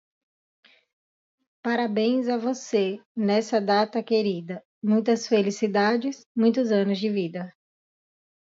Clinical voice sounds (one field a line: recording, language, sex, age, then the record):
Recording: short text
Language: Brazilian Portuguese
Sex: female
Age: 30 to 39 years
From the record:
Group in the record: control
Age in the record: 34 years